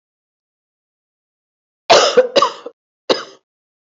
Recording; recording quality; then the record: heavy voluntary cough; excellent, no background noise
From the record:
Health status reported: healthy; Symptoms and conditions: none ticked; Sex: male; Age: 52 years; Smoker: not ticked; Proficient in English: yes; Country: India